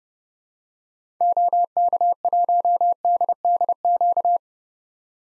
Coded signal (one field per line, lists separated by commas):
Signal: Morse code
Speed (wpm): 32 wpm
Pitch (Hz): 700 Hz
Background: none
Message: OK1DDQ